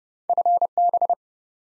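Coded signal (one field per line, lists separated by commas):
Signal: Morse code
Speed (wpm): 30 wpm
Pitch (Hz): 700 Hz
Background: none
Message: FB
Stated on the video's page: Morse practice of QSO elements at 30 wpm for head-copy, each element sent in code, then spoken, then sent again.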